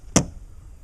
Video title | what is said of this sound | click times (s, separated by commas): Changing Wiper Blades on Your Auto - Things Even a Monkey Should Know | and you pull your blade this back toward you and it snaps into place | 0.2 s